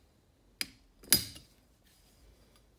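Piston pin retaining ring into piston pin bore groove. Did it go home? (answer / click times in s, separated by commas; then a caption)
yes / 0.6 s, 1.1 s. A steel circlip is fitted into the piston pin bore groove of a diesel piston to retain the piston pin, giving two sharp metallic snaps at 0.6 s and 1.1 s. The second snap is louder and rings briefly. The ring is then checked to turn freely and is confirmed seated in place.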